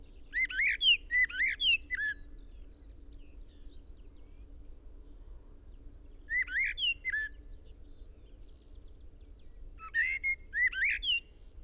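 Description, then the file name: Common blackbird sings three separate phrases, each a quick run of fluty whistles and high twittering notes, with long silent gaps between them. "Turdus merula"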